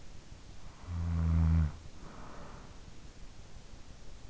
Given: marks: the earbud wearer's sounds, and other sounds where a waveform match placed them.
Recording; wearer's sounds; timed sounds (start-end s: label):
sounds in sleep by an in-ear microphone; snoring breath
0.32-3.20 s: snoring breath